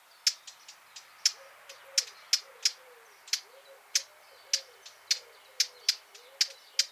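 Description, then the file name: Eurasian blackcap giving sharp, dry tack calls at irregular intervals, some louder than others, over a quiet background. "Sylvia atricapilla"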